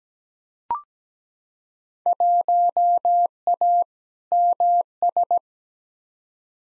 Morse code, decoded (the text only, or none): 1A MS